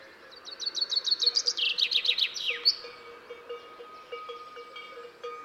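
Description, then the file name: Common chaffinch song: a rapid run of repeated high notes that descends into a short terminal flourish. "Fringilla coelebs"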